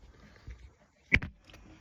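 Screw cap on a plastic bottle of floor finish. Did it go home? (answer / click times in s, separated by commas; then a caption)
released / 1.1 s. The screw cap on a new plastic bottle of Bona Traffic wood floor finish is twisted open, and the tamper seal breaks with a sharp click at 1.2 s, followed by a quieter snap just after and faint handling sounds. The click confirms the finish is fresh and unopened.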